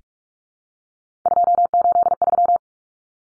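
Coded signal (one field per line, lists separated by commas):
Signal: Morse code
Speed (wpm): 44 wpm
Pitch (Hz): 700 Hz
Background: none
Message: 283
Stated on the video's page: Morse head-copy drill of common three-digit cut numbers at 45 wpm, each sent in Morse, then spoken, then sent again.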